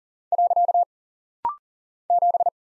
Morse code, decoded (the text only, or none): . 7